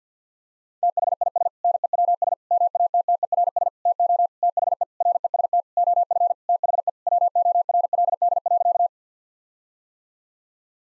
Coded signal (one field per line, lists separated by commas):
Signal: Morse code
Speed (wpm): 50 wpm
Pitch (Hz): 700 Hz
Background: none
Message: THIS NEWS MATTERS TO THE REST OF THE WORLD.